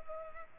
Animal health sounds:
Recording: mosquito wingbeat signal from an infrared sensor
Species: Culex pipiens

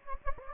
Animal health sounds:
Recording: mosquito wingbeat signal from an infrared sensor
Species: Anopheles gambiae

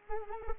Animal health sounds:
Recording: mosquito wingbeat signal from an infrared sensor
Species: Anopheles arabiensis

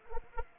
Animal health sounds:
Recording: mosquito wingbeat signal from an infrared sensor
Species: Anopheles arabiensis

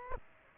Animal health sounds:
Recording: mosquito wingbeat signal from an infrared sensor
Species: Aedes aegypti

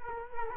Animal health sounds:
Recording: mosquito wingbeat signal from an infrared sensor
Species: Culex quinquefasciatus

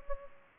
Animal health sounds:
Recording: mosquito wingbeat signal from an infrared sensor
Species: Culex pipiens

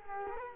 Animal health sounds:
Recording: mosquito wingbeat signal from an infrared sensor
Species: Culex quinquefasciatus

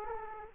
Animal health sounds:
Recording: mosquito wingbeat signal from an infrared sensor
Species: Aedes aegypti

